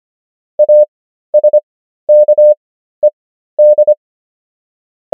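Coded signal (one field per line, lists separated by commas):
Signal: Morse code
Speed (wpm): 25 wpm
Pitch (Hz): 600 Hz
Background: none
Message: ASKED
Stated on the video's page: Morse practice of the 500 most common English words, 25 wpm character speed with 13 wpm Farnsworth word speed.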